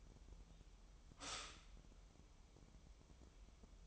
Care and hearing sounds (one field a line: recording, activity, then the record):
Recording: daily activity, microphone in the room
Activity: stop toaster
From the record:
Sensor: 1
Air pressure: 988.6 hPa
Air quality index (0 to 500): 196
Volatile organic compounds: 933 ppm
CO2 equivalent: 5232 ppm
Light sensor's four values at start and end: 25/94/35/37 and 25/94/35/37